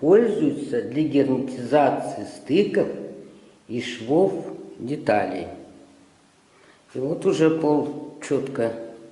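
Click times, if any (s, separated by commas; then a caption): none. A floor panel laid over foam insulation is handled against the adjoining floor panel while a man talks. The panel has not seated or clicked yet, and no hit or locking sound is heard.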